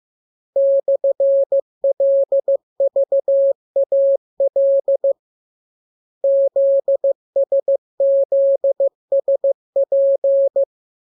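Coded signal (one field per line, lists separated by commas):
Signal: Morse code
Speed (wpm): 15 wpm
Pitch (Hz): 550 Hz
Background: none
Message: /LVAL ZSZSP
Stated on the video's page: Morse lesson 27 with letters, numbers, punctuation and Q-code; radiogram opens with VVV and section sign "=", ends with AR.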